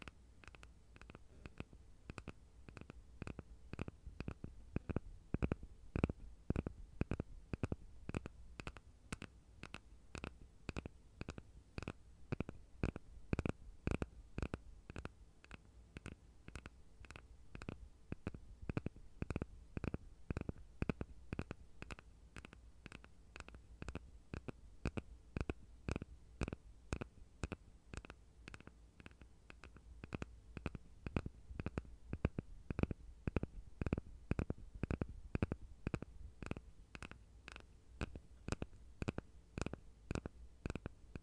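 Light tapping repeats at a quick, fairly even pace for the whole clip, each tap sharp and brief, over a low steady rumble.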